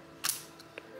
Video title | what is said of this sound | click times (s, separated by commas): HP x360 11 ab132tu Ram and SSD upgrade | should click into position like so | 0.3 s, 0.8 s